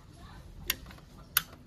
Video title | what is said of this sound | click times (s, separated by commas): 🛵 Ola S1 Pro Rear Brake Pad Replacement - Easy DIY at Home - Save Money & Time 💸 | push करा push केलात की lock होईल या पिनमध्ये ठीक आहे | 1.4 s